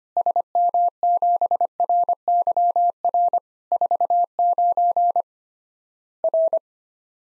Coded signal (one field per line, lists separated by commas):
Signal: Morse code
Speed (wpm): 25 wpm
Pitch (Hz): 700 Hz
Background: none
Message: SM7RYR 49 R